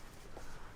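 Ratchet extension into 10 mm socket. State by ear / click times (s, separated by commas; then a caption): not seated / none. A metal ratchet extension is pushed into a short 10 mm socket during a valve cover gasket replacement on an E90 BMW 335i with the N54 engine. Only a steady, low-level noise is heard, with no sharp transients. The extension does not click into the socket and is barely held in; nothing has seated or clicked yet.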